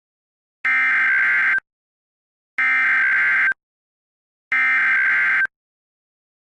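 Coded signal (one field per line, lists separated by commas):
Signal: Emergency Alert System (SAME) tones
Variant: header bursts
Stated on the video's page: Fictional mock alert.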